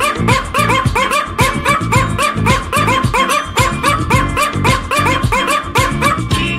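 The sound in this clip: Dog barking: rapid, sharp yaps and barks repeated several times a second, overlapping in a steady, busy stream throughout.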